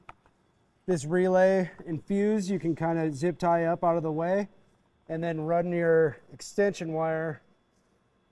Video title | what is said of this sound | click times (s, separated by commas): 2024 RZR 1000 - S&B Particle Separator Install | make sure it clicks into position uh | 0.1 s